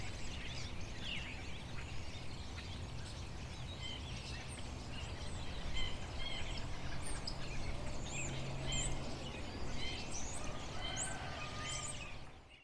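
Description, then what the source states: Birds chirping and twittering, many short high notes from several birds, over a continuous low helicopter drone. Birds recorded together with a helicopter.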